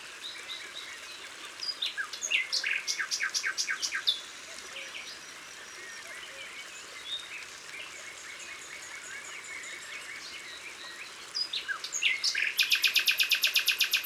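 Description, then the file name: Common Nightingale song: a burst of rapid rattling notes, a quiet stretch with faint twitters, then a loud fast pulsed trill at the end. Recorded in Isère, France. "Rossignol-philomele-Concerts-naturels-de-l Isere-Studio-Les-Trois-Becs"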